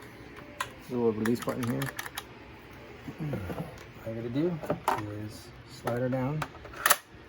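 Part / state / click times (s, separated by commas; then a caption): mower battery into charger / seated / 6.9 s. Someone talks while a 3 lb Ryobi 40V push lawnmower battery, which has a small release button, is slid down into its charger, with a few light knocks along the way. At 6.9 s the battery gives a sharp click as it seats in the charger, and the charge light then starts flashing green.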